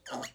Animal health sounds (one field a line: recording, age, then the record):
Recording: pig call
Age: piglet (1 to 25 days)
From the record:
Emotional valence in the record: negative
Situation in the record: restrain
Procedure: back test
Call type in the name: low-frequency call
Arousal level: medium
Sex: male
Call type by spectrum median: low-frequency call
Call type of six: mixed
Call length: 0.35 s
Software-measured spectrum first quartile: 637 Hz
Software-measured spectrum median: 1434 Hz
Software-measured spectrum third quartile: 3951 Hz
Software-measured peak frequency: 769 Hz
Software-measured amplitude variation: 189 dB a second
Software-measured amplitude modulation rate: 12.9 a second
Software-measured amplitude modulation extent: 14.7 dB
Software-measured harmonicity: 1.6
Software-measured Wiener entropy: -2.06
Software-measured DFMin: 764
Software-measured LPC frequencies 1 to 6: 687, 1215, 1877, 3048, 4431, 5353 Hz